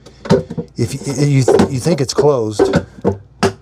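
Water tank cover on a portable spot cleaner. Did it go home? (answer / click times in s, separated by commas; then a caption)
yes / 3.4 s. Someone talks while pressing down the water tank cover on the portable spot cleaner built into the dock of a Eufy E28 robot vacuum. A sharp plastic snap at 3.4 s shows the cover is shut and seated, which keeps the tank from leaking.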